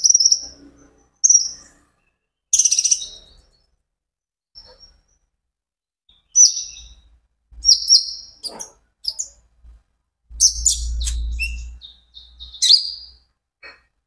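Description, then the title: Van Hasselt's sunbird giving scattered high chirps and short twittered bursts separated by silent gaps, with a brief low rumble near the end. Konin ijoan (green) variety singing actively (gacor); recording used as a lure and therapy for caged birds, said to make untrained birds answer. "KOLIBRI NINJA KONIN IJOAN GACOR COCOK UNTUK PANCINGAN TERAPI KONIN BAHAN PASTI NYAUT"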